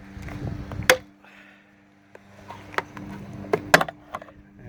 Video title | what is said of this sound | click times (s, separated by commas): Gen5 4Runner Roof Rack Install | eventually it will pop just like that | 3.7 s